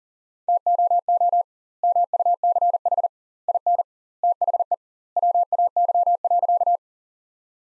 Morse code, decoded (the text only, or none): TOO MUCH IN THE WAY.